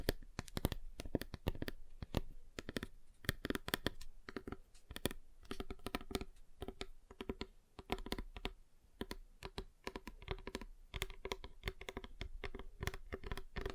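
Fingers tap on a table's surfaces in quick, irregular bursts, each tap a sharp, bright click with a low knock beneath it. The tapping runs densely throughout the fourteen seconds, clustering into rapid flurries with brief gaps, much like fast typing.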